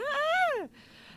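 A loud scream sneeze from an adult: a high, voiced cry that rises slightly and then falls in pitch, cutting off sharply after about half a second.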